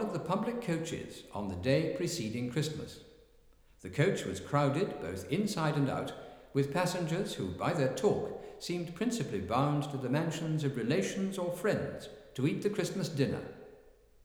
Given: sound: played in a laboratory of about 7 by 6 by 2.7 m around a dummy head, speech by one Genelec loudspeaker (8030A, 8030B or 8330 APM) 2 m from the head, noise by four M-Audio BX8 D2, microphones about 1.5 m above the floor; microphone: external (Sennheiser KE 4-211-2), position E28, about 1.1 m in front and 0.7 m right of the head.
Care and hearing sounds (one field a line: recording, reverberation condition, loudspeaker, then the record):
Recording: male speech in English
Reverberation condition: high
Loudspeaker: 30 degrees to the right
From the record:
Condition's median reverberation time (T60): about 1300 ms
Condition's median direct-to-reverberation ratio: about -4.0 dB